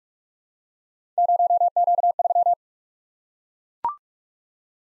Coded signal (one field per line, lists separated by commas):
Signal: Morse code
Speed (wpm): 44 wpm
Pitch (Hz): 700 Hz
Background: none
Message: 0Q3